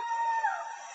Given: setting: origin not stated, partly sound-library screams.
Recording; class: one-second piece from a danger detection set; woman in danger